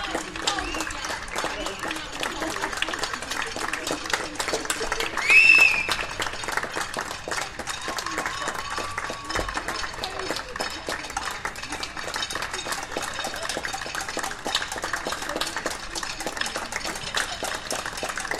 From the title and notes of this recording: Field recording of our neighbourhood taking part in #clapforourcarers. This was the second such event of the covid-19 UK lockdown. Gear: Sony PCM-M10 Clippy Stereo EM172 microphones.